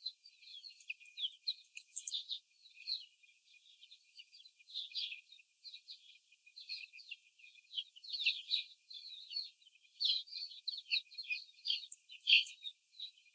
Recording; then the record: young laying hens in a cage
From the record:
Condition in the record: after the stressor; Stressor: simulated dog barking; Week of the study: 4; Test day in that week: 3